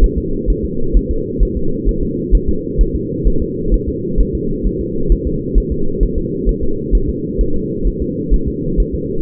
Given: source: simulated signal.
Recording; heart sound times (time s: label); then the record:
fetal heart sounds
0.04 s: S1
0.18 s: S2
0.50 s: S1
0.65 s: S2
0.96 s: S1
1.11 s: S2
1.43 s: S1
1.57 s: S2
1.89 s: S1
2.03 s: S2
2.35 s: S1
2.49 s: S2
2.81 s: S1
2.96 s: S2
3.27 s: S1
3.42 s: S2
3.74 s: S1
3.89 s: S2
4.21 s: S1
4.35 s: S2
4.67 s: S1
4.81 s: S2
5.12 s: S1
5.27 s: S2
5.58 s: S1
5.72 s: S2
6.03 s: S1
6.18 s: S2
6.49 s: S1
6.63 s: S2
6.95 s: S1
7.09 s: S2
7.41 s: S1
7.56 s: S2
7.87 s: S1
8.02 s: S2
8.34 s: S1
8.48 s: S2
8.80 s: S1
8.95 s: S2
From the record:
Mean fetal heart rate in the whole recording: 130 bpm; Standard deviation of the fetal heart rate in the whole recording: 2 bpm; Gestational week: 36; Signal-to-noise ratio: -8.1 dB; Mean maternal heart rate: 72 bpm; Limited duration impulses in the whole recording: absent